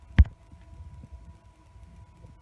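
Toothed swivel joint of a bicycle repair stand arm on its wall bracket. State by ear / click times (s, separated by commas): seated / 0.2 s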